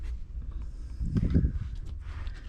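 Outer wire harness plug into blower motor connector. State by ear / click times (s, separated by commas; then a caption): seated / 1.2 s. The outer wire harness plug is pushed into the blower motor connector over a low, steady rumble. It snaps in with a sharp click at 1.2 s and is seated, followed by a faint tick at about 1.9 s.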